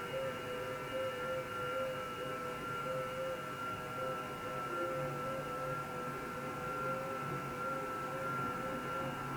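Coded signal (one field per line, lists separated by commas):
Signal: FT8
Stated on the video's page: FT8 QSO made with an Icom IC-7300.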